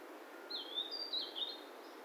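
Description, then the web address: Bird calls: a few thin, high chirps and short whistled slurs in quick succession over a low, steady background hiss. "yacho koe"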